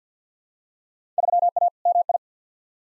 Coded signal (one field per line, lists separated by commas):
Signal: Morse code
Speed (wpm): 50 wpm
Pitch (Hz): 700 Hz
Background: none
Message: 3A MI